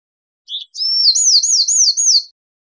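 Bewick's wren song, one phrase: a quick introductory note and a level whistle, followed by a short series of rolling trill notes.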